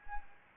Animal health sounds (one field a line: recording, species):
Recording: mosquito wingbeat signal from an infrared sensor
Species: Anopheles arabiensis